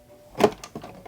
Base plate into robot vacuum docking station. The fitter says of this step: here we got the base let's raise it here and attach it to the dock push down and you should hear a snap